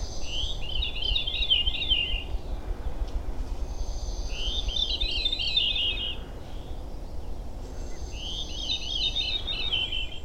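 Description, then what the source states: Veery song: three breezy, spiralling phrases, each about two seconds long, repeated every four seconds or so over steady background hiss. Wild bird on the Appalachian Trail, singing a little after 6 in the morning; followed and recorded with a parabolic microphone.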